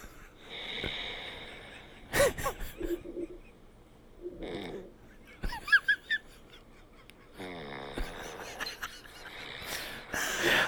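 An adult man snores loudly and irregularly with rasping, squeaky, strained whistling noises, like a possum being strangled, despite wearing a $200 anti-snoring device that is not working.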